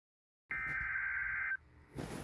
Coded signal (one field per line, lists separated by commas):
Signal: Emergency Alert System (SAME) tones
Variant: header bursts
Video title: Eas FFW on KEC55 Eas#1373